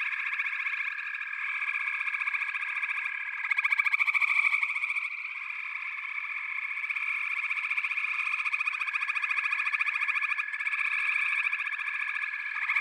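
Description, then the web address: Continuous frog chorus of interwoven buzzy trills, with a sharper pulsed caller standing out around four seconds. "The Natural Sounds of the Wilderness 10 CDs collection Echoes of Nature - Frog Chorus"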